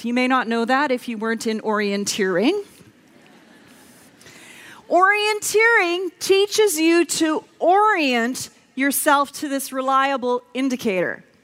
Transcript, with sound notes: You may not know that if you weren’t in orienteering. (laughter) Orienteering teaches you to orient yourself to this reliable indicator.